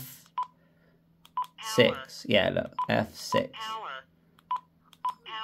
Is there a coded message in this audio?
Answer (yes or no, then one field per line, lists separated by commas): no